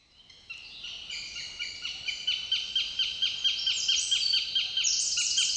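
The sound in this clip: Eurasian goshawk calling in a steady series of harsh, downslurred notes, about two per second, growing louder.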